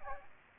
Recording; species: mosquito wingbeat signal from an infrared sensor; Aedes aegypti